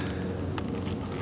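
A servo cable connector is pushed into its mating servo eliminator plug on a 2019 ZX6R motorcycle during an M4 exhaust install. A single faint, sharp click sounds at 0.6 s over a steady low hum. The connector clip snaps into place and seats.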